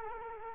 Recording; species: mosquito wingbeat signal from an infrared sensor; Culex quinquefasciatus